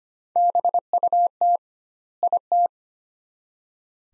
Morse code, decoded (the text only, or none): BUT IT